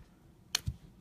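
A plastic loom peg that had been snapped into its socket on a loom board is pulled back out by hand. It releases with a sharp pop at 0.6 s, followed by a low thump, and it took some strength to pull free.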